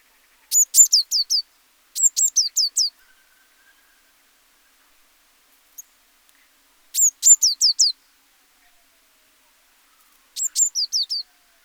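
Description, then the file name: Eurasian blue tit call: short bursts of four to six high, sharp descending notes, repeated in groups every few seconds, otherwise quiet. "Cyanistes caeruleus"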